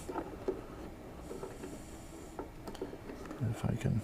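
A memory module is oriented and lined up over the motherboard DIMM slot before it is pushed down, with light tapping and handling sounds at about 0.2, 0.5, 2.4, 2.7, 2.8 and 3.3 seconds. Someone talks near the end. Nothing has seated or clicked yet.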